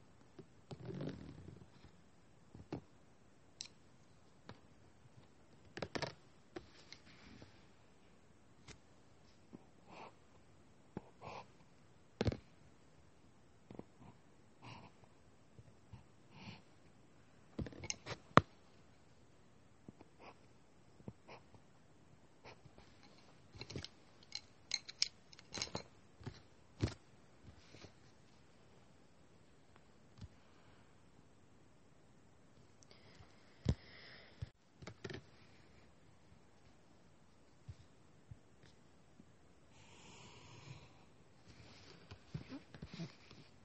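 Drawing and writing sounds: short, scratchy strokes and taps come irregularly across the whole stretch, sometimes in quick clusters, sometimes with quiet gaps. A few longer, brighter scrapes appear around 34 and 40 seconds, over a faint steady hiss.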